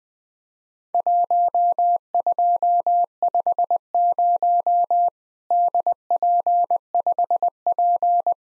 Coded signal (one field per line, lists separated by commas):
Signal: Morse code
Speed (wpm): 20 wpm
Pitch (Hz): 700 Hz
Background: none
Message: 1250 DP5P